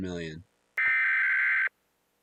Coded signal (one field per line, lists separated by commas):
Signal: Emergency Alert System (SAME) tones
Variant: header bursts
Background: speech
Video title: watching EAS scenarios and hanging out join plz part 2 (part 1 of part 2)